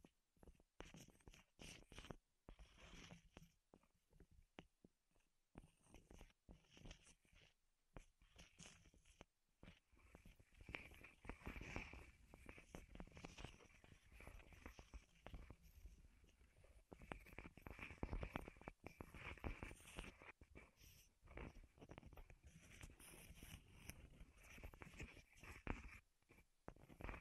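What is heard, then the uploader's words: Wood tapping and scratching for ASMR, sparse clicks for the first ten seconds, then dense rapid crackling taps that continue to the end. ASMR Wood Triggers in Your Ears (No Talking).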